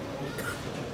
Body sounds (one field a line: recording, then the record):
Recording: coughing mixed with background sound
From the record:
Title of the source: 30 Chesty and wet cough